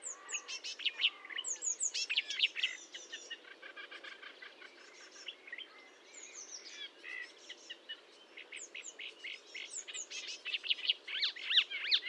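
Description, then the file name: Marsh warbler song, a dense, continuous jumble of chattering, buzzy and whistled notes mixing high squeaks with lower rattles. Recorded at Fontaine-Française, France, on 1 June 2022 at 10:55, with Nagra and Telinga equipment. "Rousserolle verderolle 20220601 1055 Fontaine-Francaise-Fourneau"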